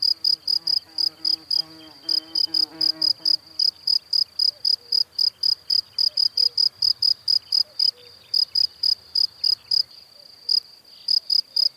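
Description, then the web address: Cricket producing rapid, high-pitched chirps in long runs broken by short pauses; a faint low tonal sound hums underneath during the first few seconds. "Kurs PTTK Przyroda Ptaki Świerszcze"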